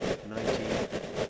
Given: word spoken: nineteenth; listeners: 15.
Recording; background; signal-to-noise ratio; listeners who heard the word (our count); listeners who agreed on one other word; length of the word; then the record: one English word in noise, from a listening test; noise modulated by three-talker babble; -7.5 dB; 1 of 15; 10 of 15; 0.89 s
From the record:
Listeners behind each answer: 10, 2, 1, 1, 1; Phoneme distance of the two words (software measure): 7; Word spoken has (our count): 2 syllables, 7 phonemes, stress on syllable 1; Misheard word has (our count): 2 syllables, 6 phonemes, stress on syllable 1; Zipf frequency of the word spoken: 2.64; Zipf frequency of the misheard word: 2.66